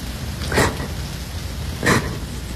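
Rain falls in a steady, even hiss, with two brief louder swells of spattering about a second apart. No voices are heard.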